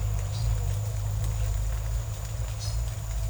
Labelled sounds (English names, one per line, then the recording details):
none
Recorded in secondary vegetation near Puerto Asís, Putumayo, Colombia, on 16 December 2024 at 08:30
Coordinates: 0.499, -76.323
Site G010